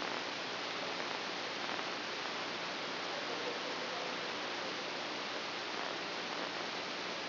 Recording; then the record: brain microelectrode recording played as sound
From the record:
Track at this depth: inside the subthalamic nucleus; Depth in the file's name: 1.727 mm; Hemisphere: right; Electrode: 2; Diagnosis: Parkinson's disease